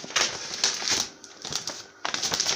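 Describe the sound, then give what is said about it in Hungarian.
Papers being shuffled and rustled, with a run of crisp, irregular crackles and flutters that come in short bursts, pause briefly, then pick up again. “Itt van egy. Jó, na. Meg a papírjaid.”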